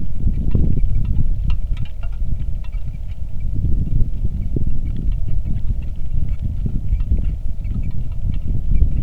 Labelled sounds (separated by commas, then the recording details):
bird, wind, rain
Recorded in the Arctic National Wildlife Refuge, Alaska, on 3 August 2019 at 09:26
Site 46